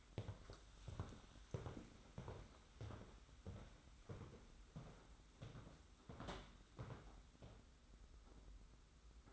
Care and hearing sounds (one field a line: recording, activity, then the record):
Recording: daily activity, microphone in the room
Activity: walk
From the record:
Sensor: 3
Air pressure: 991.6 hPa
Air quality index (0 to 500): 182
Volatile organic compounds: 1000 ppm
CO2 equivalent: 6076 ppm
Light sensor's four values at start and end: 35/101/41/36 and 39/112/45/40